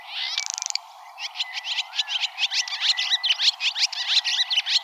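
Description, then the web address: Barn swallow twittering, a short dry buzzy rattle followed by quick, scratchy chattering notes repeated steadily. Recorded in Arizona. "Larks Swallows BARS. deviche"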